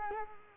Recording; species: mosquito wingbeat signal from an infrared sensor; Culex quinquefasciatus